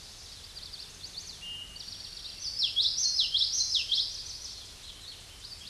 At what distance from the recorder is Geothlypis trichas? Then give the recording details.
about 10 m. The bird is about 5 m above the microphone. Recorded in a Pennsylvania forest on 16 May 2024 at 08:07. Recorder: AudioMoth, point MSD-1342. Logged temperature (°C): 15.5 °C. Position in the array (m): 226 m, 181 m